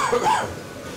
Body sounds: coughing mixed with background sound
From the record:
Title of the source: Spring Cold Coughing 2

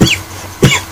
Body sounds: coughing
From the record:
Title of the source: Dry Coughing Fit in the Afternoon.

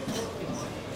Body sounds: coughing mixed with background sound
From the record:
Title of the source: Spring Cold Coughing 3

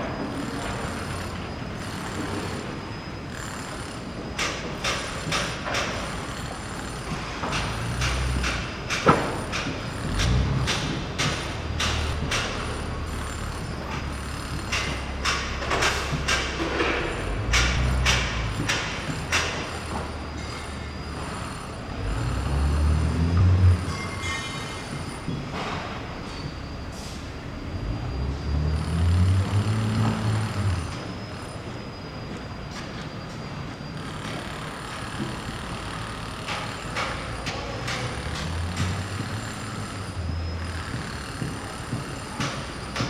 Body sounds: background sound without coughing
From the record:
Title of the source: 30 MINUTES Construction Site Ambience (CC BY 4.0)

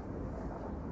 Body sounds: background sound without coughing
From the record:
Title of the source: Train Ride Ambience ambient white noise for sleeping, focus, studying, reading

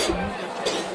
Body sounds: coughing mixed with background sound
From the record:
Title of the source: 61 morning phlegmy cough...again

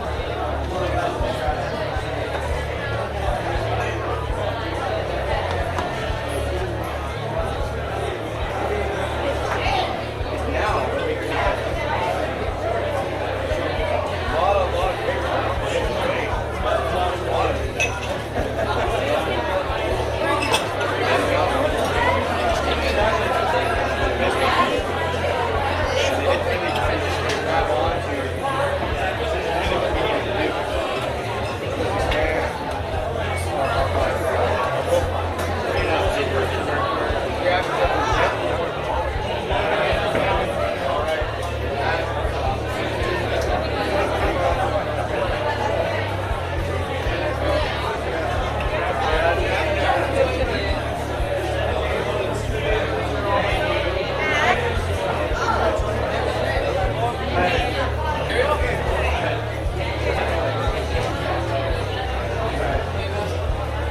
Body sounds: background sound without coughing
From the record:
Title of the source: CITY SOUNDS Busy Bar in the Evening Night - 2 HOURS of Ambiance for Relaxation

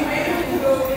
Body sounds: background sound without coughing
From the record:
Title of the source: 40 min - Ambience sounds UNIVERSITY lunchroom chatting

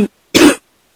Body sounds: coughing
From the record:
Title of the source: 60 coughing still (deep and wet cough)

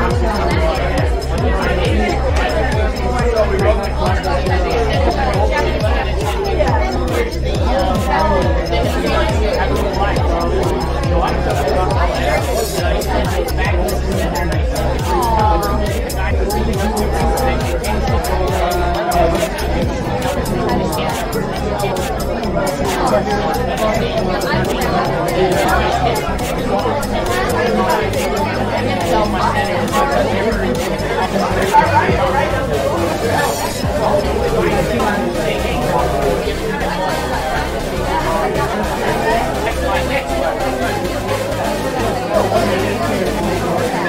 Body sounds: background sound without coughing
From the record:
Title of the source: Nightlife Party Simulating Party Club Noise 1 Hour

